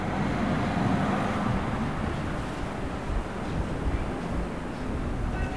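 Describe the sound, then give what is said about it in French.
A bus passing by, heard as a steady, heavy low-pitched engine rumble with a broad hiss on top, holding fairly even loudness throughout with no voices. “J'entends un bus.”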